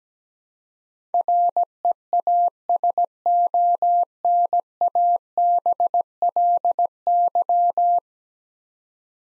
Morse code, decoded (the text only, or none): REASONABLY